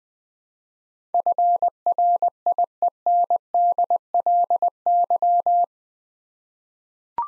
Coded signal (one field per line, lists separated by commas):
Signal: Morse code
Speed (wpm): 20 wpm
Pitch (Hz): 700 Hz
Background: none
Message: FRIENDLY